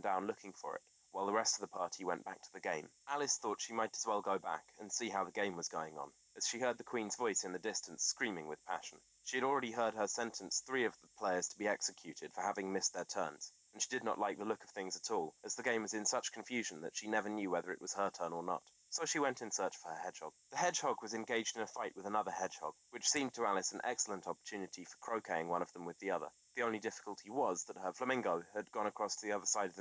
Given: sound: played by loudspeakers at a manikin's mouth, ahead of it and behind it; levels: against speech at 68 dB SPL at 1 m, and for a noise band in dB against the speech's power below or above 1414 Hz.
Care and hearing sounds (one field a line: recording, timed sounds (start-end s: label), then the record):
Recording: test signals for a remote microphone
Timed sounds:
0.00-29.81 s: man speaking
From the record:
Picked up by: remote microphone D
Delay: 24 ms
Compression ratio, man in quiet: 1.31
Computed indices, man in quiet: SII 0.994, HASPI 0.998, HASQI 0.363 (non-linear 0.417, linear 0.872), ESTOI 0.824